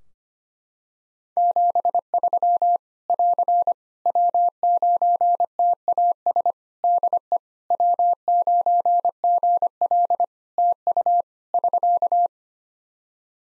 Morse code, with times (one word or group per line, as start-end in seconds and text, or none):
1.4-2.8 73
3.1-3.7 <AR>
4.1-6.5 W9TAS
6.8-7.4 DE
7.7-10.2 W9GL
10.6-11.2 TU
11.5-12.3 <SK>